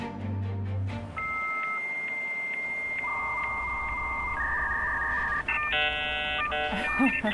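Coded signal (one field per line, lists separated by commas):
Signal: dial-up modem handshake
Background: speech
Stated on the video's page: Dial-up modem handshake of AOL's dial-up internet service.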